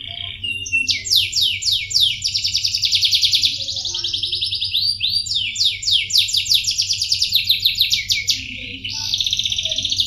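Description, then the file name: Canary singing rapid, high rattling trills in long runs, some phrases dipping and rising, joined almost without pause over a faint background hum. Kept canary, Indonesian song style called nagasari. "audio kenari nagasari milik jrc halim"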